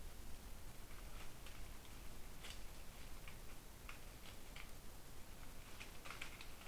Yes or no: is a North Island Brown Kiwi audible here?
no